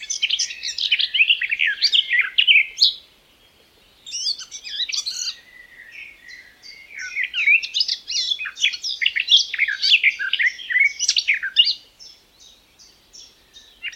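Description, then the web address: Garden warbler song in a few bursts of rapid warbling, separated by brief pauses, with softer notes in between. Recorded May 2020; song. "geluiden tuinfluiter mei 2020 zang"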